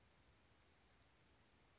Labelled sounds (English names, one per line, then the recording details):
Chestnut-backed Chickadee
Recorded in Sonoma County, California